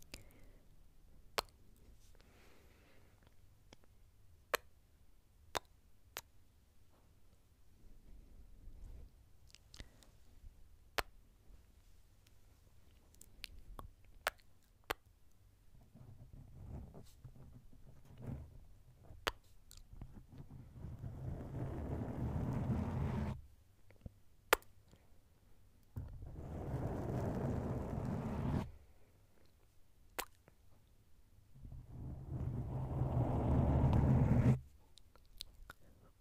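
Mouth sounds and mic nibbling: sharp clicks and pops scattered every second or two through the first half, then three longer swells of soft rustling, chewing-like noise around 16–23, 26–29 and 31–35 seconds, each ending abruptly. A low steady hum sits underneath throughout.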